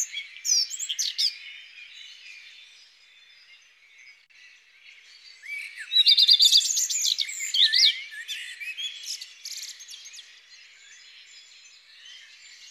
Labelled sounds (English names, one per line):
Common Redstart song